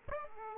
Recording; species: mosquito wingbeat signal from an infrared sensor; Aedes aegypti